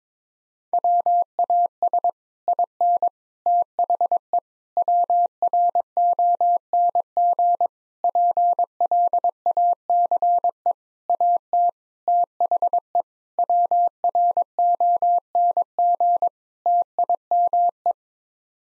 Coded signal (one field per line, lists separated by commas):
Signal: Morse code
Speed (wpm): 22 wpm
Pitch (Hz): 700 Hz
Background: none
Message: WAS IN THE WRONG PLACE AT THE WRONG TIME